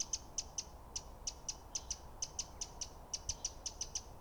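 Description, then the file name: Eurasian wren giving sharp, high ticking calls, repeated steadily about four to five times a second with a few brief pauses, over a low background hiss. "Troglodytes troglodytes"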